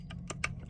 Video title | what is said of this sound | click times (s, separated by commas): Unboxing The Arcan 2 Ton Quick Rise Floor Jack A20016 & Comparing It With The Daytona 3 Ton Jack | Clicks into place. | 0.4 s